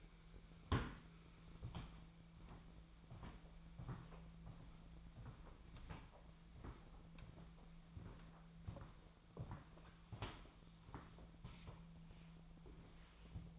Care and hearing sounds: daily activity, microphone in the room; walk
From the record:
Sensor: 1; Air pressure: 1008.4 hPa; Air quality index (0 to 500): 190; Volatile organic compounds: 17 ppm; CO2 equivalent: 2569 ppm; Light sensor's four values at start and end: 18/45/18/21 and 18/47/19/22

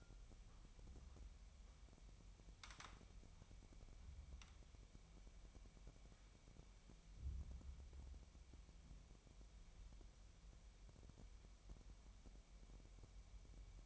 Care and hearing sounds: daily activity, microphone in the room; wipe stove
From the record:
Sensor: 1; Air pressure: 1003.3 hPa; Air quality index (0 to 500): 198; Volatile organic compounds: 6 ppm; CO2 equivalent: 1895 ppm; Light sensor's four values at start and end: 10/23/10/11 and 10/24/10/12

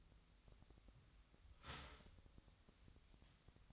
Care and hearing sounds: daily activity, microphone in the room; start toaster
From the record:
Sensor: 3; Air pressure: 1001.8 hPa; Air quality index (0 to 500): 245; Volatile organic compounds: 48 ppm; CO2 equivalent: 3272 ppm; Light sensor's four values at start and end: 14/42/18/16 and 14/42/18/16

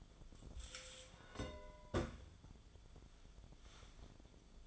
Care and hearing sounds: daily activity, microphone in the room; take from stove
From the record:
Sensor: 5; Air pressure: 1010.0 hPa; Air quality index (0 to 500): 148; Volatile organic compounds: 3 ppm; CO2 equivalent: 1450 ppm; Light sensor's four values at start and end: 251/612/261/286 and 247/604/257/281

